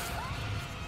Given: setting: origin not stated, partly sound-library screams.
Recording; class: one-second piece from a danger detection set; woman in danger